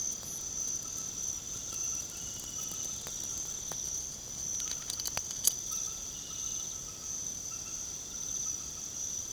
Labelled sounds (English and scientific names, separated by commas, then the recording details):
none
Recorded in pastures near Puerto Asís, Putumayo, Colombia, on 9 March 2025 at 22:30
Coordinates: 0.486, -76.323
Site G075